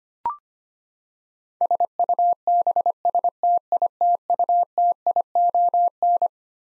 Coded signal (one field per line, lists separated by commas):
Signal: Morse code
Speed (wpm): 25 wpm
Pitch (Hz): 700 Hz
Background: none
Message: SUBSTITUTION